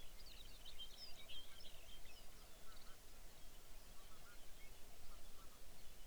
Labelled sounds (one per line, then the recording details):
songbird
waterfowl
grouse or ptarmigan
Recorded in the Arctic National Wildlife Refuge, Alaska, on 23 May 2019 at 05:46
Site 49